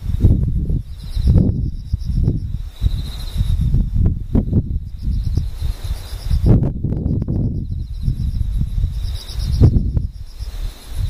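Insects buzz in thin, high steady tones beneath loud, gusting low rumble that swells and fades irregularly, with brief clicks scattered throughout.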